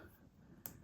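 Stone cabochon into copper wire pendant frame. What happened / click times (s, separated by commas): A small hard piece snapped into its setting / 0.7 s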